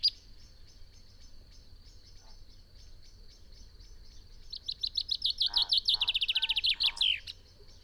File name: Fringilla coelebs